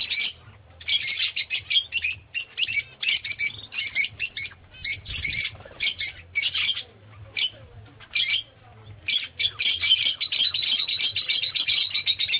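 Lovebird squawks and shrill chirps come in repeated bursts with short pauses, over a low background hum.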